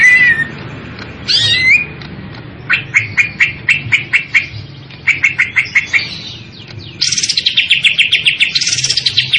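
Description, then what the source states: Greater green leafbird song opening with slurred whistles, then spaced clusters of sharp chips, ending in a dense fast trill of bright repeated notes. Described as gacor, meaning the bird sings vigorously and continuously.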